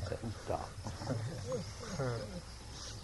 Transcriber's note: laughter